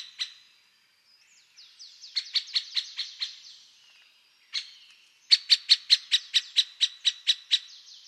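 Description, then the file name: Great spotted woodpecker calling with sharp, clipped kix notes, singly and in runs of several, over softer whistled bird song. "Pic epeiche"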